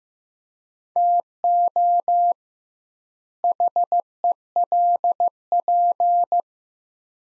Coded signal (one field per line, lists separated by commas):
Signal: Morse code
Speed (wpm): 15 wpm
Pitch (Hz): 700 Hz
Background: none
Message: TO HELP